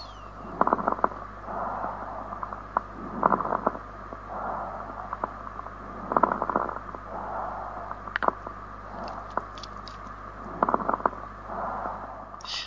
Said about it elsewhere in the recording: Crackles are basically where we have alveoli that have got fluid in them. If you've got pulmonary edema, we can hear this. They sound like wet alveoli kind of snapping shut and popping.